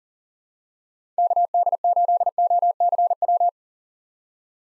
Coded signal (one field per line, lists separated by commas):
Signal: Morse code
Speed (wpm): 40 wpm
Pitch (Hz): 700 Hz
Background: none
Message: KD8OCW